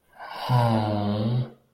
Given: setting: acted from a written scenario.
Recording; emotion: vocal sound without words; sadness